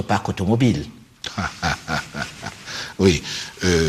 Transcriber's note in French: Rires